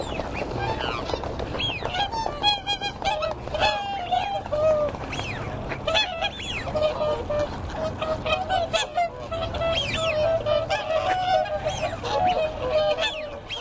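Waterfowl calling in a crowded chorus, honks and yelping notes overlapping throughout.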